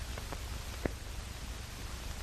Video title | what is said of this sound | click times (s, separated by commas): M134 Minigun Replica Assembly Video | once it's aligned push down and twist clockwise it locks into place | 0.9 s